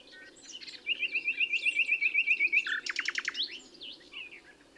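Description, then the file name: Common nightingale song: a quick run of repeated identical notes, then a rattle of loud clicks, followed by softer varied phrases. "Luscinia megarhynchos"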